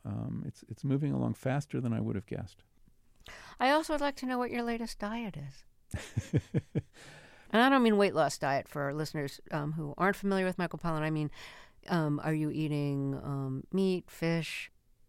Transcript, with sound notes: It's moving along faster than I would have guessed.
I also would like to know what your latest diet is.
(Laughter).
And I don't mean weight loss diet, for our listeners who aren't familiar with Michael Pollan. I mean, are you eating meat, fish?